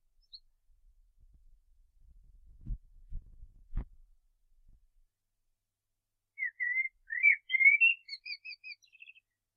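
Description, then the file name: Common blackbird warbling phrase late on, fluty notes turning to a high squeaky twitter, after a quiet stretch with a few low thumps. "Turdus merula"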